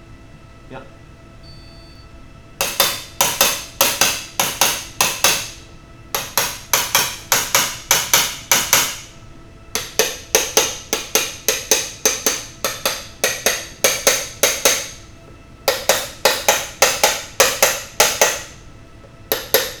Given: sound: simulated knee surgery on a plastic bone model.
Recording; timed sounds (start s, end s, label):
surgical tools on bone
2.61	2.61	chisel strike
2.80	2.80	chisel strike
3.21	3.21	chisel strike
3.41	3.41	chisel strike
3.81	3.81	chisel strike
4.01	4.01	chisel strike
4.40	4.40	chisel strike
4.61	4.61	chisel strike
5.01	5.01	chisel strike
5.24	5.24	chisel strike
6.15	6.15	chisel strike
6.38	6.38	chisel strike
6.73	6.73	chisel strike
6.95	6.95	chisel strike
7.32	7.32	chisel strike
7.55	7.55	chisel strike
7.91	7.91	chisel strike
8.14	8.14	chisel strike
8.52	8.52	chisel strike
8.73	8.73	chisel strike
9.75	9.75	chisel strike
9.99	9.99	chisel strike
10.35	10.35	chisel strike
10.57	10.57	chisel strike
10.93	10.93	chisel strike
11.15	11.15	chisel strike
11.49	11.49	chisel strike
11.72	11.72	chisel strike
12.06	12.06	chisel strike
12.27	12.27	chisel strike
12.65	12.65	chisel strike
12.86	12.86	chisel strike
13.24	13.24	chisel strike
13.46	13.46	chisel strike
13.84	13.84	chisel strike
14.07	14.07	chisel strike
14.43	14.43	chisel strike
14.65	14.65	chisel strike
15.68	15.68	chisel strike
15.89	15.89	chisel strike
16.25	16.25	chisel strike
16.49	16.49	chisel strike
16.82	16.82	chisel strike
17.04	17.04	chisel strike
17.40	17.40	chisel strike
17.63	17.63	chisel strike
18.00	18.00	chisel strike
18.22	18.22	chisel strike
19.32	19.32	chisel strike
19.54	19.54	chisel strike